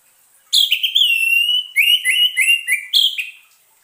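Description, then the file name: Orange-headed thrush singing a continuous three-second run of clear, sweeping whistles that rise and fall in quick succession. Used as a lure sound, intended to keep the bird from becoming stressed. "suara pancingan burung anis merah agar tidak stress"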